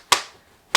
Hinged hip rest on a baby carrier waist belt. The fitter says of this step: it all the way back down until it clicks